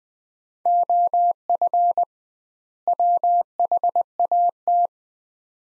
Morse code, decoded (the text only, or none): OF WHAT